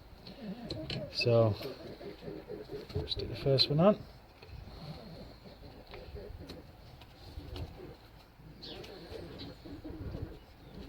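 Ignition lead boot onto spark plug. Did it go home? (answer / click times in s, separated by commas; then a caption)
no / none. An ignition lead boot is handled onto the first spark plug of a Chevrolet Matiz during a full service, with someone talking over light handling noises and birds cooing in the background. Nothing has seated or clicked yet; the clip ends just before the lead goes home on the plug.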